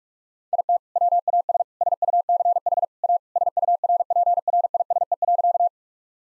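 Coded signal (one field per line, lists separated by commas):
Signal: Morse code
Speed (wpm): 46 wpm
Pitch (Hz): 700 Hz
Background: none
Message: IT WAS SUCH A SURPRISE.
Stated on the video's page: Head-copy practice of sentences containing common two-word phrases, sent at 45 wpm, then repeated.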